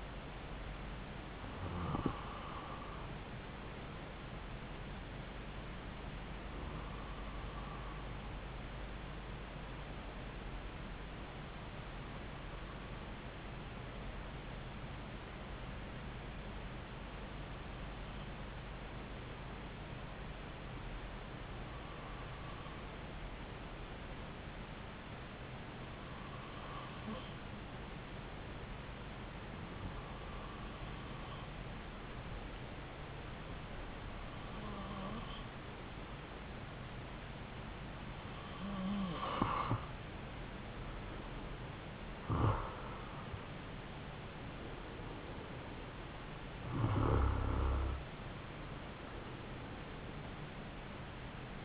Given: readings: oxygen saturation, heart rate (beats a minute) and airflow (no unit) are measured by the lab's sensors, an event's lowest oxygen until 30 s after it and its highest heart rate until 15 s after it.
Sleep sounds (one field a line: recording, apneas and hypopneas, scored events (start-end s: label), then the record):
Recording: breathing in sleep by a voice recorder at the bedside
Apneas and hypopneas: 1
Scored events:
14.00-36.70 s: hypopnea (N2, oxygen 95% highest, then 92% lowest)
From the record:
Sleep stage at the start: N2 (light sleep)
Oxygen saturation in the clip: 92 to 95%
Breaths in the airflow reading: 11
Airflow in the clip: -4.3 to 4.5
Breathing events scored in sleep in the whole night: 270 in 6.1 hours asleep